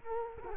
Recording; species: mosquito wingbeat signal from an infrared sensor; Culex quinquefasciatus